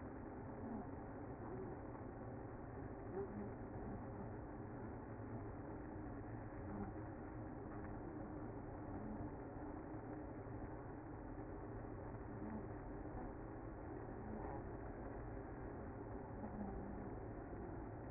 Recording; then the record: honeybee colony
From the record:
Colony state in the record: active